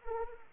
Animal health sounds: mosquito wingbeat signal from an infrared sensor; Anopheles arabiensis

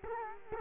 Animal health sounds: mosquito wingbeat signal from an infrared sensor; Culex quinquefasciatus

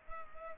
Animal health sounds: mosquito wingbeat signal from an infrared sensor; Culex pipiens

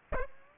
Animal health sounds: mosquito wingbeat signal from an infrared sensor; Aedes aegypti

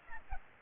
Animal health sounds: mosquito wingbeat signal from an infrared sensor; Aedes aegypti

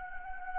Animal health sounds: mosquito wingbeat signal from an infrared sensor; Anopheles gambiae

